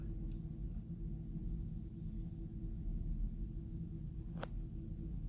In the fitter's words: lo ponen y va a ser lo mismo ponen uno de los botones en cada lado hasta que haga clic